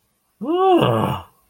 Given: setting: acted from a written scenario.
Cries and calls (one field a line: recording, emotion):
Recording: vocal sound without words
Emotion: disappointment